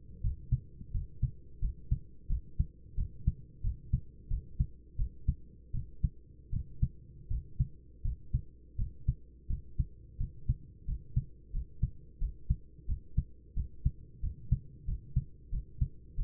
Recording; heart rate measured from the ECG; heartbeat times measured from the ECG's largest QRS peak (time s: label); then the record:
heart sounds by stethoscope; 87 bpm
0.22 s: heartbeat
0.92 s: heartbeat
1.60 s: heartbeat
2.28 s: heartbeat
2.96 s: heartbeat
3.62 s: heartbeat
4.29 s: heartbeat
4.97 s: heartbeat
5.73 s: heartbeat
6.51 s: heartbeat
7.29 s: heartbeat
8.03 s: heartbeat
8.77 s: heartbeat
9.48 s: heartbeat
10.18 s: heartbeat
10.86 s: heartbeat
11.52 s: heartbeat
12.19 s: heartbeat
12.87 s: heartbeat
13.55 s: heartbeat
14.21 s: heartbeat
14.86 s: heartbeat
15.51 s: heartbeat
16.16 s: heartbeat
From the record:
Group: healthy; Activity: cold pressor test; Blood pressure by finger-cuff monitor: 134/72 mmHg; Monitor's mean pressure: 89 mmHg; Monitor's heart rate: 88 bpm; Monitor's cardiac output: 9 L/min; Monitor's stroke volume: 105 mL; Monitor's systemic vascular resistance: 700 dyn s/cm5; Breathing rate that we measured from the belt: 17 breaths a minute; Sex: male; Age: 24 years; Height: 184 cm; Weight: 89 kg